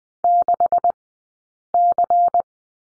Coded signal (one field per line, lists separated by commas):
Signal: Morse code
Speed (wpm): 20 wpm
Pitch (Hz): 700 Hz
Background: none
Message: 6C